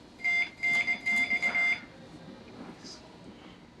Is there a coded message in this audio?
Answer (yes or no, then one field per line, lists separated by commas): yes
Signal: Morse code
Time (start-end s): 0.2-1.7 s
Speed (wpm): 20 wpm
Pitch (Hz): 2100 Hz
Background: none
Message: TNX